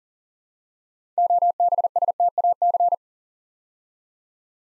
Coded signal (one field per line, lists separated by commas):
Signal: Morse code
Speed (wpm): 40 wpm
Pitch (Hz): 700 Hz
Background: none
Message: OBSTAC